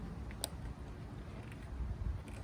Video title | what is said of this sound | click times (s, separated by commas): 1988 Jeep Wrangler YJ Plugs Wires Cap & Rotor without Dielectric grease | and you should feel a positive click on there and then uh | 0.4 s